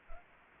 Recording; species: mosquito wingbeat signal from an infrared sensor; Anopheles gambiae